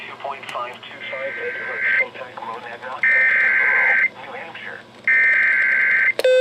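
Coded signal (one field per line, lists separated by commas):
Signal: Emergency Alert System (SAME) tones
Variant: header bursts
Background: speech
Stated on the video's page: Severe weather alerts received on NOAA Weather Radio.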